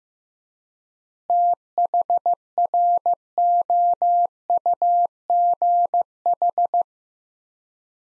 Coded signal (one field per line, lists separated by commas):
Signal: Morse code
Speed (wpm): 15 wpm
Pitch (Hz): 700 Hz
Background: none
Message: THROUGH